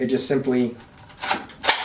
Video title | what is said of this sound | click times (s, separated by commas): How to choose a Holster | it just simply clicks into place | 1.7 s